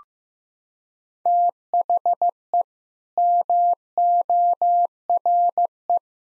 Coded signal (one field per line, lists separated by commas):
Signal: Morse code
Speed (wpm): 15 wpm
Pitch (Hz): 700 Hz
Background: none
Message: THE MORE